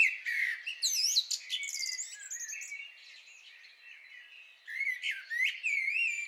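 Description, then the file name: Common blackbird song: a busy warbled phrase with squeaky, swooping notes, then a short pause before a second twittering phrase. "Turdus merula"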